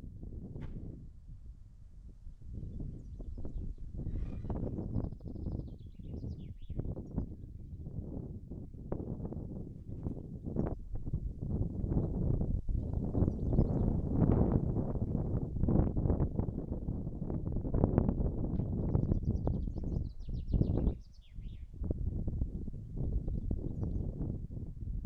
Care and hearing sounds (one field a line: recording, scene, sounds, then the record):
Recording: everyday scene through a hearing-aid microphone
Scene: wind on the microphone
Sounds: wind, birds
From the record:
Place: in front of a rural house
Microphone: behind the ear, right, front